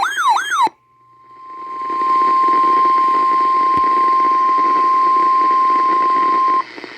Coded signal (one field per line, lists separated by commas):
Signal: Emergency Alert System (SAME) tones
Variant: 1050 Hz attention tone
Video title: (DOUBLE HEADER) EAS 776-777 - Winter Storm Warning